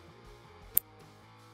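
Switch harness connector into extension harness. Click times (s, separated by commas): 0.8 s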